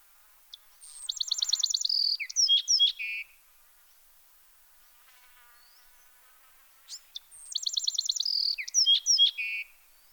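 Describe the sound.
Bewick's wren song, two phrases about six seconds apart, each a high buzzy trill followed by sharp whistled notes and a lower buzzy ending.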